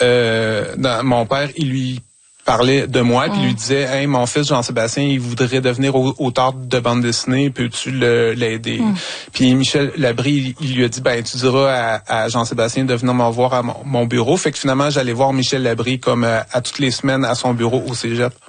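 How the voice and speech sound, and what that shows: A 47-year-old man who still stutters tells a story in Quebec French at a steady rate. The speech is mostly fluent, with a few mild stuttering moments: a drawn-out sound at the start, whole-word repetitions such as "à à" and "mon mon", and stretched sounds before some words.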